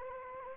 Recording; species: mosquito wingbeat signal from an infrared sensor; Anopheles gambiae